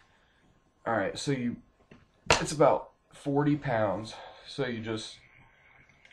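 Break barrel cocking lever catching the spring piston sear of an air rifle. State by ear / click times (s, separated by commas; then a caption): not seated / none. Someone talks while starting to break open the barrel of a spring-piston air rifle, with the safety on, taking about 40 lbs of effort to cock it. A few faint, sharp ticks come right at the end, but the cocking lever has not yet caught the spring piston sear, so nothing has clicked or latched yet.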